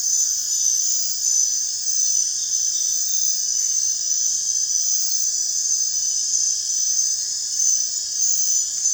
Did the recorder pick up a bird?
no